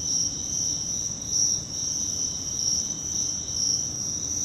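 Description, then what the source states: Cricket song, a continuous high, thin trill with slight rhythmic swells, over a soft low rumble. Virginia.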